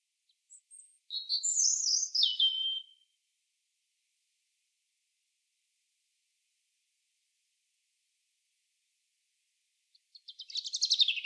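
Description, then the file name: European robin song, a tumbling high-pitched warbled phrase of quick notes, then a long silence before another shimmering trill begins near the end. "Erithacus rubecula"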